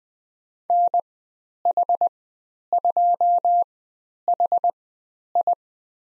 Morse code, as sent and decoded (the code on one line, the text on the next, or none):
-. .... ..--- .... ..
NH2HI